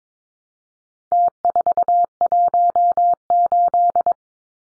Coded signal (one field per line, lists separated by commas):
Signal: Morse code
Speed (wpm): 22 wpm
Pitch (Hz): 700 Hz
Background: none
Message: T418